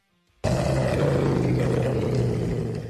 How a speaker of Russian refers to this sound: Прорычал серый волк, после чего закрыл пасть и тщательно обнюхал меня.